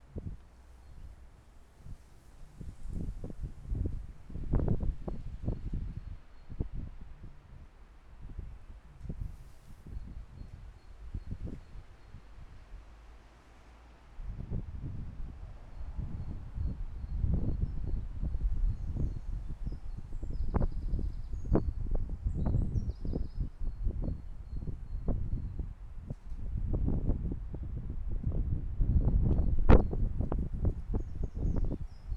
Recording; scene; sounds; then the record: everyday scene through a hearing-aid microphone; wind on the microphone; squally wind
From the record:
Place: parking lot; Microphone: behind the ear, left, rear